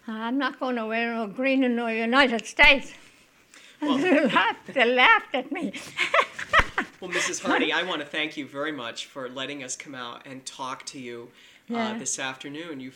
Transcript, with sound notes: I'm not going to wear green in the United States!" They laughed at me. ( she laughs )
Well, Mrs. Harney, I want to thank you very much for letting us come out and talk to you this afternoon.